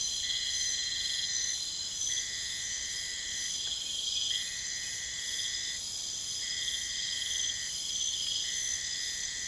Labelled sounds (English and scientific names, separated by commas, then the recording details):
none
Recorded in pastures near Puerto Asís, Putumayo, Colombia, on 22 December 2024 at 00:00
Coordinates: 0.472, -76.329
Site G072